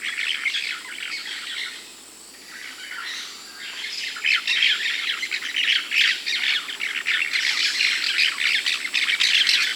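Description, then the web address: Cobalt-winged parakeets keeping up a busy stream of high, scratchy chirps and twitters that grows denser and louder in the second half. South America. "Natures Songs S America Cobalt-winged Parakeet (Brotogeris c"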